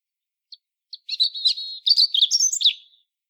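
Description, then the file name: European robin song: two soft introductory pips, then a jumbled, liquid warble of high notes that fades away. "Erithacus rubecula"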